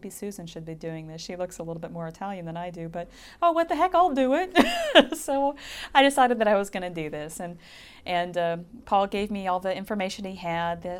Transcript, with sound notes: Maybe Susan should be doing this. She looks a little bit more Italian than I do but, oh, what the heck, I'll do it." (she laughs) So, I decided that I was going to do this and, and Paul gave me all the information he had;